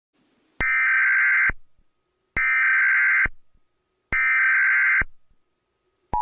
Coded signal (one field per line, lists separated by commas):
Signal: Emergency Alert System (SAME) tones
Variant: header bursts